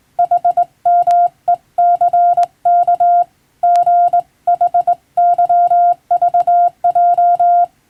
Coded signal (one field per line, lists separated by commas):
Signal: Morse code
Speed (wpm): 20 wpm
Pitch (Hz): 700 Hz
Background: none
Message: HMECK GHYVJ